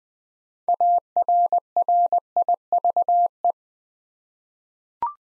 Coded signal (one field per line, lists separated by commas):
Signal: Morse code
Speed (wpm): 20 wpm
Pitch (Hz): 700 Hz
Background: none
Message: ARRIVE